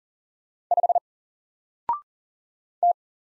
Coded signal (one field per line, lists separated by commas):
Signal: Morse code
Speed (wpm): 40 wpm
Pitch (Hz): 700 Hz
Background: none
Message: 5 T